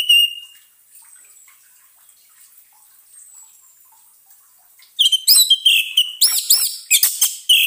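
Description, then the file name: Orange-headed thrush song, a single whistle, a long pause, then a loud, fast tumbling stream of varied whistles and trills. Therapy recording intended for an orange-headed thrush that has stopped singing. "terapi suara anis merah macet bunyi"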